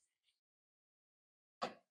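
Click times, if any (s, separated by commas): none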